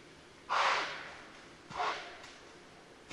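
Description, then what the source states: White-tailed deer snorts, two sharp breathy blasts of air about a second apart, the second softer, followed by a faint brief puff. Recorded 20 October 2010.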